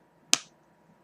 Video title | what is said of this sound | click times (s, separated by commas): Holiday Smokey Eye tutorial | it snaps when you close it so you can hear | 0.3 s